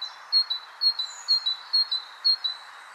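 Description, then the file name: Great tit giving bright paired whistles, a high note dropping to a lower one, repeated roughly every half second against faint background hiss. "Parus major"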